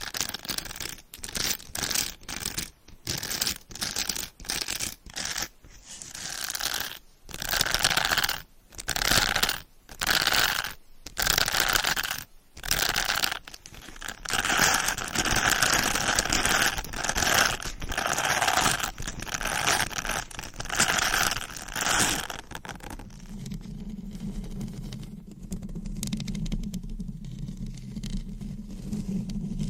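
Scratching and brushing against a microphone, in quick rhythmic strokes broken by short silent gaps for the first half. Around fifteen seconds the rubbing turns into a denser continuous swishing, then at about twenty-three seconds it gives way to a softer, low steady hum.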